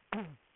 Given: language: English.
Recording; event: throat vibration sensor signal played as sound; throat clearing